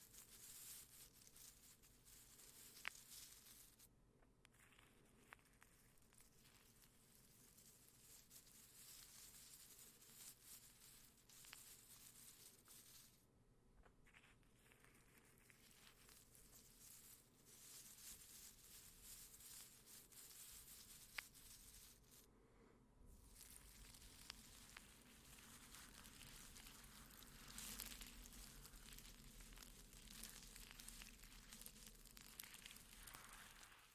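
Plastic wrap is crinkled softly and almost without pause, making a dense, bright rustle with scattered sharper crackles, a few standing out near 3, 5 and 21 seconds. The texture briefly thins around 3, 13 and 22 seconds, and a low steady hum runs underneath throughout.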